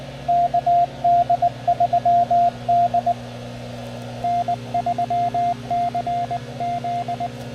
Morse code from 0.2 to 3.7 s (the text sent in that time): KD3D